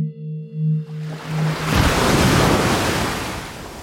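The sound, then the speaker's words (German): A low, steady humming tone with faint higher whines gives way to a loud, broad rush of breaking surf that swells and hisses on without pause. No voices. “Niemand bestreitet, dass die Brandung des Meeres und der Strahl eines Wasserfalls die Luftsäule erzittern lassen und unser Gehör in Schwingungen versetzen.”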